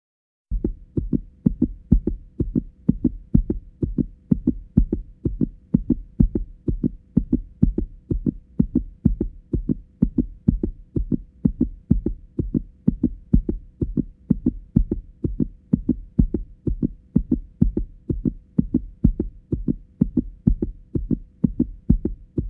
Heart beat sound.